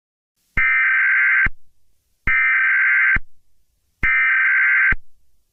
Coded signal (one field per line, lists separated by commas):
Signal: Emergency Alert System (SAME) tones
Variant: header bursts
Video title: Today look eas broadcast me making a analog horror